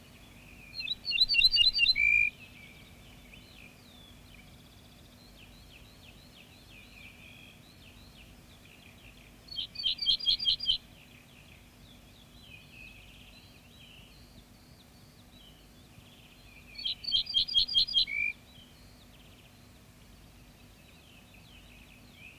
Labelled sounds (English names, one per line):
Ortolan Bunting song